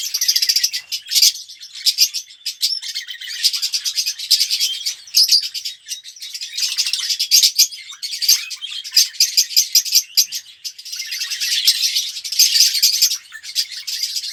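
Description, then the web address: Red-rumped parrot song: dense, high twittering and chirping warble, continuous with short pauses, bursts of rapid notes throughout. "pevcii popugai. parrots psephotus-haematonotus"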